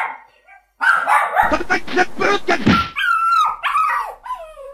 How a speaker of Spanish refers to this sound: Están afuera. Todos los chocos ladrando, él tiene que ladrar.